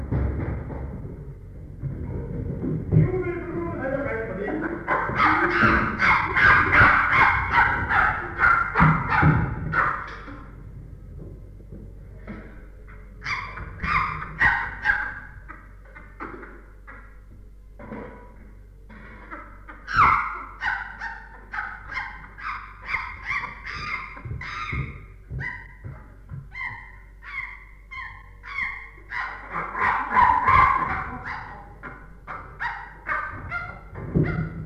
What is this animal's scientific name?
Pan troglodytes